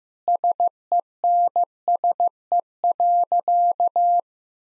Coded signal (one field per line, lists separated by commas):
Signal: Morse code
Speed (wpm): 15 wpm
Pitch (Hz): 700 Hz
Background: none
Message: SENSE.